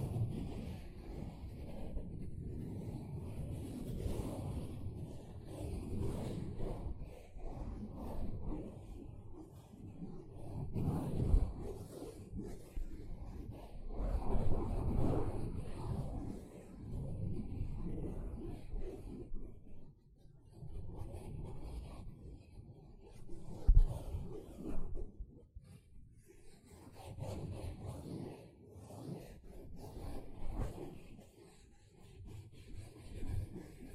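A sponge is rubbed and squished in uneven strokes, low and muffled, swelling and fading in waves with brief quiet gaps around twenty seconds.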